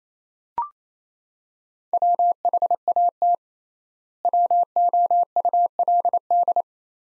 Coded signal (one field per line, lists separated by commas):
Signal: Morse code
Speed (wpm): 27 wpm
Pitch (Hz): 700 Hz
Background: none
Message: WHAT WOULD